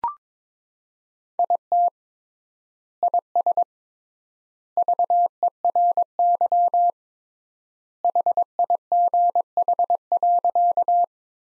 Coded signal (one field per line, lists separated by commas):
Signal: Morse code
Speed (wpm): 21 wpm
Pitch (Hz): 700 Hz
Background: none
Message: IT IS VERY HIGH.